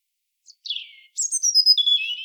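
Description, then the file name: European robin singing a short phrase: a faint high note, a descending slurred whistle, then a rapid jumble of shrill, glittering notes falling gradually in pitch. "Erithacus rubecula"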